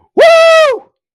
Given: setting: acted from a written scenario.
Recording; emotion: vocal sound without words; triumph